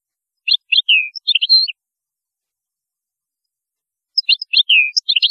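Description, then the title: European goldfinch song: two matching bursts of rapid tinkling chirps with a descending slurred note, separated by a silent pause. "Chant Chardonneret"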